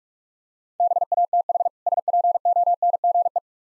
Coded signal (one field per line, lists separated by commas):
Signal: Morse code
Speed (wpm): 48 wpm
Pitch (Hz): 700 Hz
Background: none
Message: BATH SPONGE